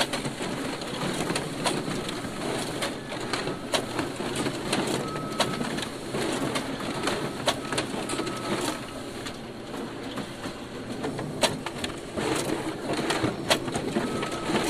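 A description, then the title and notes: A laser printer and photocopier run with a dense, steady whirring rumble, dotted with frequent clicks and clacks and brief high beeping tones. Laser printer and photocopier recorded by Dan Bodah in April 2009, Brooklyn NY. Printing and photocopying.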